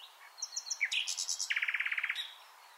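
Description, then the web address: Common nightingale song, a short phrase of whistles and chirps ending in a quick run of repeated notes. "SETE Luscinia megarhynchos"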